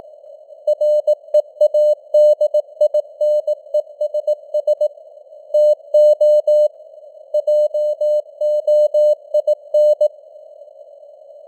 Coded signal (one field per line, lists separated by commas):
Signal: Morse code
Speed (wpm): 18 wpm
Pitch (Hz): 600 Hz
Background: none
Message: READINESS TO JOIN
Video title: Morse Code News | 2026-01-21 | 18wpm